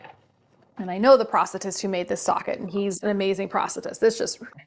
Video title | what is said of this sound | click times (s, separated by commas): Will Botox work on a hip flexion contracture? | clicks right in right it's nice and easy to do | 0.0 s